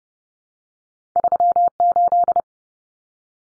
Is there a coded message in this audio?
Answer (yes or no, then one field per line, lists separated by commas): yes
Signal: Morse code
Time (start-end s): 1.2-2.4 s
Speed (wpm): 30 wpm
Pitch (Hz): 700 Hz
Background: none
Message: 38